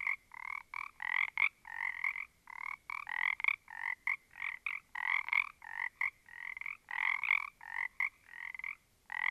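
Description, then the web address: Frogs calling steadily, raspy pulsed croaks in quick succession, overlapping at times into short clusters. A small group of frogs. "static audio olofonia Small Group of Frogs"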